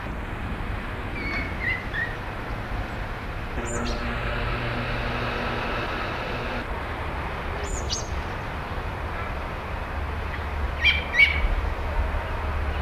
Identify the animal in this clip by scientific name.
Turdus philomelos